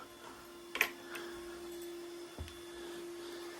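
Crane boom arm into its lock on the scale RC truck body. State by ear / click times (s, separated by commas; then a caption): seated / 0.8 s. The crane boom arm of a scale RC SCX6 metal-body wrecker is swung into position on the truck body and latched at its stop. A sharp double click at about 0.8 s is followed by a quieter tick near 2.5 s over a steady low tonal hum. The arm locks in place.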